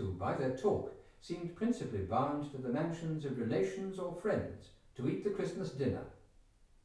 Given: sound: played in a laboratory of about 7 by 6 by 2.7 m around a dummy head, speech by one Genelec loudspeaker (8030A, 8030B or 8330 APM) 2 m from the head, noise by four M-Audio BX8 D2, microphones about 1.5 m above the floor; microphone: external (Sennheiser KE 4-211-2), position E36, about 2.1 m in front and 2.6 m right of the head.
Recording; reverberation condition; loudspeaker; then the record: male speech in English; medium; 150 degrees to the right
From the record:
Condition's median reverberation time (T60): about 510 ms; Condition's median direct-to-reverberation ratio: about -0.5 dB